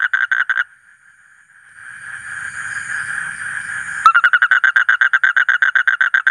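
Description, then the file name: Asian common toad with a brief pulsed burst, then a long steady droning tone, followed by a quick run of evenly spaced buzzy pulses. "suara kodok bangkong kolong kodok buduk"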